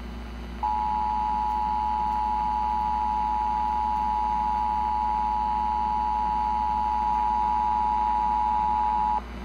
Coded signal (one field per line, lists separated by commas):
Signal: Emergency Alert System (SAME) tones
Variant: 853 and 960 Hz attention tone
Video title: Los Angeles Required Monthly Test’s 640/790 AM 6/30/2020